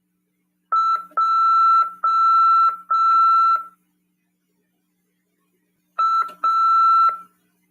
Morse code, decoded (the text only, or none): J A